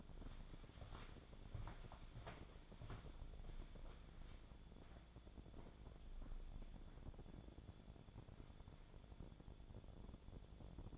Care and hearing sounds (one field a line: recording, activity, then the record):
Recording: daily activity, microphone in the room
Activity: walk to room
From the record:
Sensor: 5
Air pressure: 1000.0 hPa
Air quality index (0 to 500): 87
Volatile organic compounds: 1 ppm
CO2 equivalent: 716 ppm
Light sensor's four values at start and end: 390/950/404/455 and 394/977/410/460